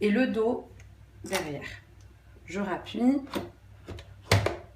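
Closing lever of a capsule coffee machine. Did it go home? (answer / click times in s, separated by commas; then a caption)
yes / 4.3 s. Someone talks while the plastic lever of a Nespresso Inissia capsule coffee machine is pressed back down over a freshly inserted capsule. A sharp click at 4.3 s is heard clearly as the lever clips shut, seating it closed.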